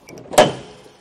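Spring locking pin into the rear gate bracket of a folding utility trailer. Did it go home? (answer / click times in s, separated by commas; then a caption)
yes / 0.4 s. A spring-loaded locking pin snaps into the rear gate bracket of a folding aluminium utility trailer, right after the rear gate is folded back down. A couple of faint ticks come just before a sharp, loud metallic snap at 0.4 s, which rings out and fades. The pin is seated.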